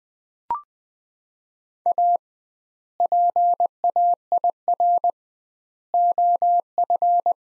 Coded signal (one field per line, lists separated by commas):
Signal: Morse code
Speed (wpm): 20 wpm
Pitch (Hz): 700 Hz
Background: none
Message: A PAIR OF